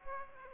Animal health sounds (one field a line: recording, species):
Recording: mosquito wingbeat signal from an infrared sensor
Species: Aedes aegypti